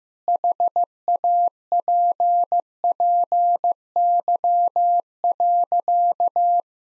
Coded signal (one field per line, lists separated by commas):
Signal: Morse code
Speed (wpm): 15 wpm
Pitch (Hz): 700 Hz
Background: none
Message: HAPPY.